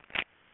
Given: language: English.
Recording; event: throat vibration sensor signal played as sound; swallow